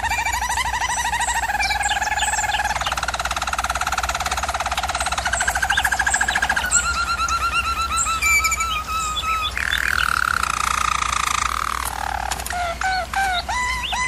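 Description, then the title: German Roller canary song, a long run of varied rolling tours, buzzy pulsed trills alternating with smoother glides, ending in a few separate chirped notes, above a low hum. Canary singing in a training recording. "German Roller Canary Singing - Canary Training Vid"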